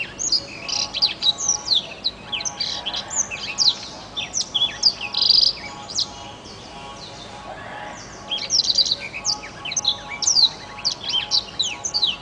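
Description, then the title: Oriental magpie-robin song, a dense run of varied sweet whistles and sharp chirps, broken by a short pause near the middle, over a steady low hum. "Kicau Kacer"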